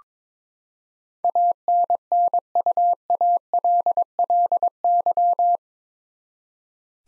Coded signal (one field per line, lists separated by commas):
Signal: Morse code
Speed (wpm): 22 wpm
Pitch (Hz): 700 Hz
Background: none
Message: ANNUALLY